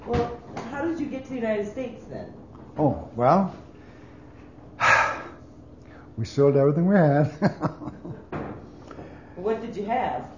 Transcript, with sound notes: Well, how did you get to the United States then?
Oh. Well, (sighs) we sold everything we had (laughs)
What did you have?